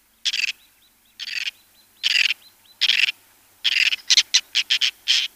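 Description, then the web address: Whiskered tern uttering short, hoarse rasping calls, spaced at first then quickening into a rapid series, with faint thin chirps between them. "Schulze Peter Whiskered Tern"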